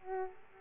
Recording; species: mosquito wingbeat signal from an infrared sensor; Aedes aegypti